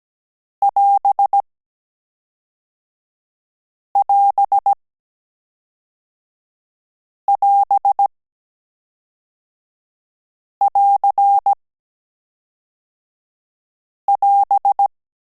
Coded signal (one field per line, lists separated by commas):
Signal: Morse code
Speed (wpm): 17 wpm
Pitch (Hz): 800 Hz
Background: none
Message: <AS><AS><AS><AR><AS>